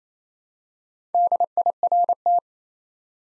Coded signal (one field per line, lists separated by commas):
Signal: Morse code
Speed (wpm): 27 wpm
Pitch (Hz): 700 Hz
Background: none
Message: DIRT